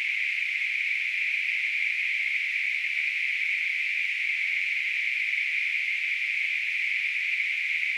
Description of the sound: Tinnitus.